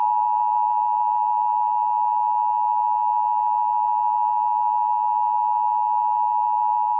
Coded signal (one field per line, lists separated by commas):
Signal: Emergency Alert System (SAME) tones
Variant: 853 and 960 Hz attention tone